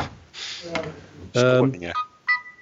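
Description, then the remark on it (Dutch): A mobile phone goes off with a short run of bright electronic tones and bleeps, ending in a steady high beep, with voices mixed in. “Ja, wat gebeurt er dan al, joh? Ja, gaan mobieles af.”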